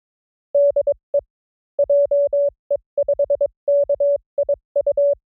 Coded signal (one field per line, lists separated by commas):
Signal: Morse code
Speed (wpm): 22 wpm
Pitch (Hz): 560 Hz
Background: none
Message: DE JE5KIU